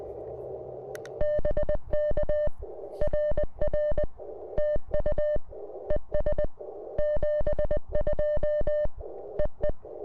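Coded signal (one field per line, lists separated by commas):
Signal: Morse code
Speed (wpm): 20 wpm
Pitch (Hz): 600 Hz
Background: music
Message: BK RR TU ES 72 EE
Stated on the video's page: POTA park activation on CW with a self-designed CFT1 transceiver, possibly keyed with an iambic paddle and using an end-fed halfwave antenna.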